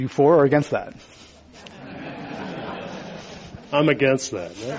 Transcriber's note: laughter